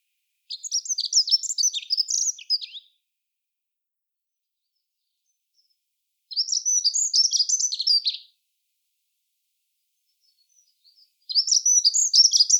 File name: chant accenteur mouchet